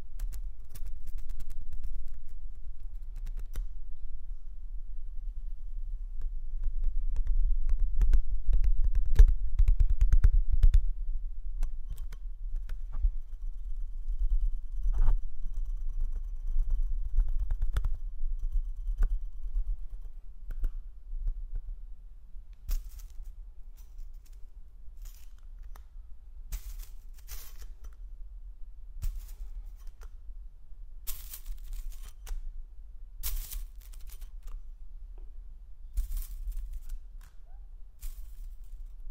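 Someone fiddles with a small metal toy, with sharp clicks and snips scattered over a low rumble, busier after twenty seconds.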